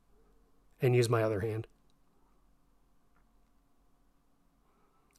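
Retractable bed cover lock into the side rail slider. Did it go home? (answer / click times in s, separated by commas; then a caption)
yes / 5.2 s. A Retrax Pro XR retractable bed cover on a 2020 Toyota Tundra TRD Pro is pushed with both hands at an arbitrary point along its travel until its small sharp spring pin lock bites into the metal slider side rail. Someone talks briefly, then after a quiet stretch a short, sharp click is heard at 5.2 s as the lock engages and the cover is locked in place.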